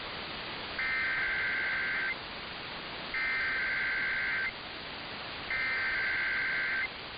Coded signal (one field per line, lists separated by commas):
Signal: Emergency Alert System (SAME) tones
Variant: header bursts